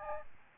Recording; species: mosquito wingbeat signal from an infrared sensor; Aedes albopictus